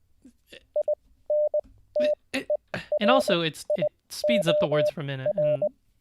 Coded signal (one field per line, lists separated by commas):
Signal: Morse code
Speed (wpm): 20 wpm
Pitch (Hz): 590 Hz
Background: speech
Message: INTERIOR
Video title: How To Learn Morse Code LIVE with N0SSC (Day 15)